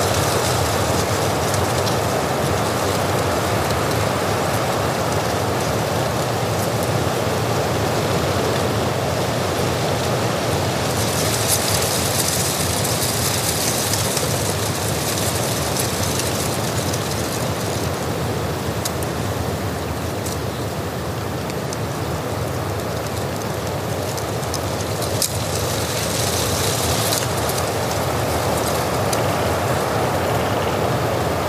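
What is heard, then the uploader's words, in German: Wind sweeps steadily across an open mountain meadow, a dense, constant rush with a deep low rumble underneath. Around the twelve-second mark and again near twenty-seven seconds, a brighter hiss swells, likely dry old leaves rustling and crackling as gusts pass. Natur - Wind am Hochgern. Dabei wurde ich von starken Wind überrascht der die Blätter vom letzten Sommer knisternd über die Bergwiese treibt.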